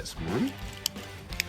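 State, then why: Seated. A plastic panel peg is pressed into the body socket of a G1 Retro Bumblebee transforming robot action figure, with parts connected one by one during its transformation while someone talks. Sharp, short plastic clicks land at 0.9 s and 1.4 s as the parts snap quickly into place and seat.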